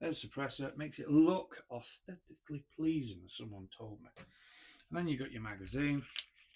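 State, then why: Not seated. Someone talks while handling a gas blowback magazine for the magazine well of a VORSK VMP1 airsoft submachine gun, with a brief soft hiss of handling noise near 4.5 seconds. Nothing has seated or clicked yet.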